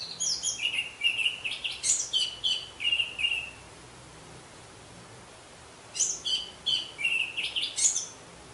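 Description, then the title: Orange-headed thrush song: a run of quick chirping, scratchy notes for three seconds, a pause, then another similar burst of sharp, high twittering phrases. "Anis Merah"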